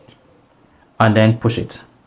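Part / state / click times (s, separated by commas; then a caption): watch band into smartwatch case slot / not seated / none. An Apple Watch band's connector is being handled at the slot on the smartwatch case, with only faint low background noise for the first second. Someone then talks from about 1.0 to 1.9 seconds. Nothing has seated or clicked yet.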